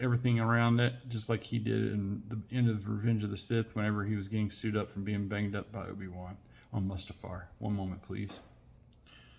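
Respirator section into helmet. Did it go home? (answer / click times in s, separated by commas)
yes / 8.9 s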